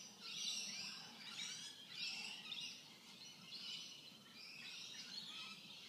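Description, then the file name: Bird twittering, a blurred high chatter swelling and fading in waves every second or two, over a soft low background hum. "Tweets"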